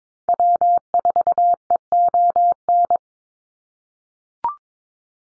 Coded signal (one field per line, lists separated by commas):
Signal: Morse code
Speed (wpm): 22 wpm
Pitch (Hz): 700 Hz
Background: none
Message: W4EON